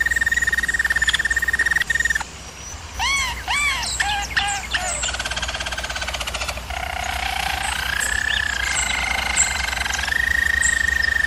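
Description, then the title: German Roller canary delivering a steady roll, then a run of looping arched notes, buzzy rolls, and a return to a smooth sustained tour. Singing; used for canary training. "German Roller Canary Singing - Canary Training Vid"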